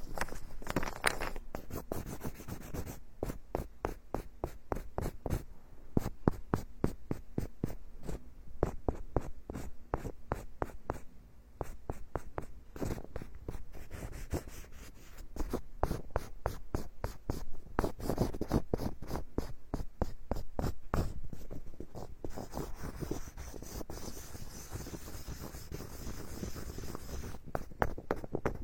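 Wooden tools work over a scalp in quick, dense scraping strokes and light taps that run unbroken throughout, with a soft hiss entering after twenty-two seconds.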